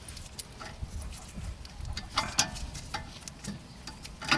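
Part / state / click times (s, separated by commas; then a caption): rear brake pad into brake caliper / not seated / none. A rear brake pad with a steel backing plate and spring clip is handled against the brake caliper of a 1999 BMW 318i E46, being put in sideways before it is pushed back in to lock into place. Short metallic taps and clinks sound at about 0.4, 2.2, 2.4 and 4.3 s over a low rustling background. Nothing has seated or clicked into place yet.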